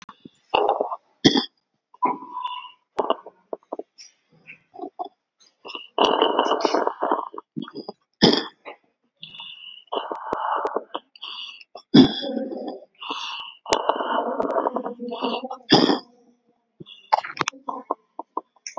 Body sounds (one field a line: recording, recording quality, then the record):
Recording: shallow breathing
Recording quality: excellent, no background noise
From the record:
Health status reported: exposed to COVID-19, no respiratory illness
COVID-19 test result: negative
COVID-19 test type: RT-PCR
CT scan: taken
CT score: 5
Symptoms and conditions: cough, cold, breathing difficulty, fever, hypertension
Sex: male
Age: 60 years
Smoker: no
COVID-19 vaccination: both doses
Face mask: not worn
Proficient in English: no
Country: India